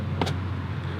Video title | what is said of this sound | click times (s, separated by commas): 👉 2018 Honda Ridgeline RTL-E AWD - Ultimate In-Depth Look in 4K | snaps in place up in here like | 0.2 s